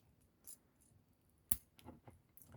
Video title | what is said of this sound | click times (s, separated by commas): How to easily remove wheels from 1/24 diecast - Wheel swap tutorial | when you hear the click it means that it's on its way to get it out and you get it out without any effort basically | 1.5 s